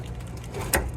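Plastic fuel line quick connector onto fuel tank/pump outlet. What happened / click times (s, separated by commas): The fuel line connector snapped home / 0.7 s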